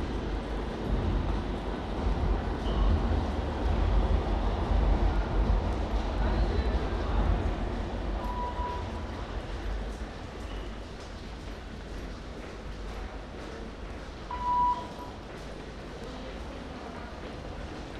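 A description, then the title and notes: Rotterdam metro ride with a steady low rumble and rattling, easing off after ten seconds, with a brief tone near fifteen seconds. Metro Rotterdam Coolhaven - Schiedam Centrum.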